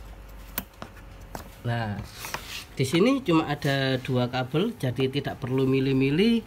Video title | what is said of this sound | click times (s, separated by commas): Biar Mesin Kembali Bertenaga - Begini Cara Riset ECU Motor Injeksi | tekan nah Sampai bunyi tekan membuka terus kita tarik | 0.6 s